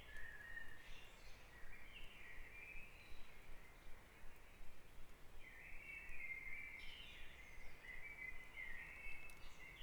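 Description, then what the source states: Birds singing a dawn chorus, whistled warbling phrases from more than one bird, over a constant low background hum. Dawn chorus on Back Dragon Avenue, Harrogate, part of the Sound Map of Harrogate.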